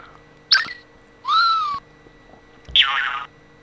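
A circuit-bent spring sound effect, its pitch altered by a resistor on the oscillator: three short, bright electronic bursts with gaps between, warbling and pitch-bent. The middle one wobbles downward, and the last is buzzier and harsher.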